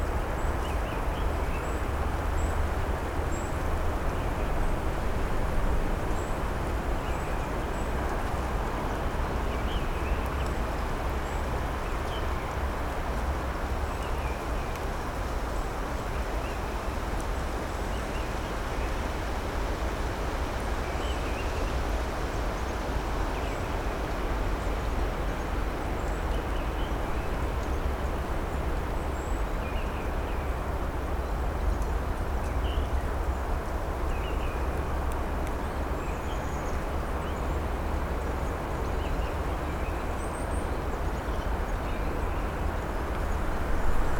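Steady, dense wind rumbles low and unbroken for the whole stretch, while a few small bird chirps flick in sparsely and faintly above it.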